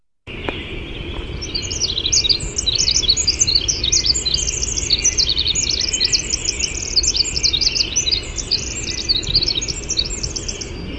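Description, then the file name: Winter wren song: a long, rapid cascade of high, bright notes and trills delivered without a break, over a steady low rushing background. "WIWR song"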